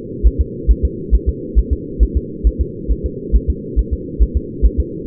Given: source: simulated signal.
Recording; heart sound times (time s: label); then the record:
fetal heart sounds
0.27 s: S1
0.41 s: S2
0.71 s: S1
0.85 s: S2
1.15 s: S1
1.29 s: S2
1.59 s: S1
1.73 s: S2
2.03 s: S1
2.17 s: S2
2.47 s: S1
2.61 s: S2
2.91 s: S1
3.06 s: S2
3.36 s: S1
3.50 s: S2
3.79 s: S1
3.94 s: S2
4.22 s: S1
4.37 s: S2
4.66 s: S1
4.80 s: S2
From the record:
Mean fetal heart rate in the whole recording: 135 bpm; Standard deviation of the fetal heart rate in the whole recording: 3 bpm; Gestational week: 34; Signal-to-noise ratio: -4.1 dB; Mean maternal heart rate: no maternal heart sound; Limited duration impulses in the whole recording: absent